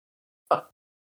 How audible was that hiccup? It was the hiccup heard around the world.